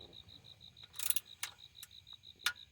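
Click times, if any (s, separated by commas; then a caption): 2.5 s. A click-type torque wrench tightens a transmission pan bolt on a 2006 Trailblazer, worked from under the vehicle as it sits on ramps. A few short ratchet-like ticks sound around 1.1 and 1.4 s over a steady pulsing high-pitched chirp. The wrench gives its sharp break-over click at 2.5 s, showing the bolt has reached the set torque.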